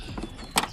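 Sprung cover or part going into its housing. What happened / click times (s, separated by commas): The sprung part snapped into its housing / 0.6 s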